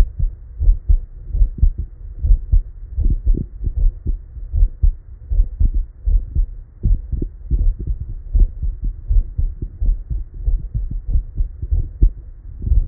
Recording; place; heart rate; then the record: heart sounds by stethoscope; Erb's point; 79 bpm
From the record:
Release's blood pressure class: hypertension stage 1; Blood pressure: 132/88 mmHg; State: at rest